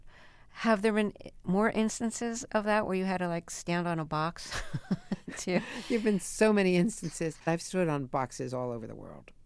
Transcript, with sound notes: Have there been more instances of that where you had to, like, stand on a box?
(LAUGHTER)
There've been so many instances. I've stood on boxes all over the world.